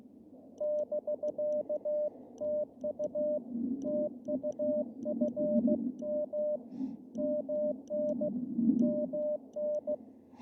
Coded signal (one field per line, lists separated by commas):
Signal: Morse code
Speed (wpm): 16 wpm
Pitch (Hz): 600 Hz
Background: none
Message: <BK> TU TU FM MN MN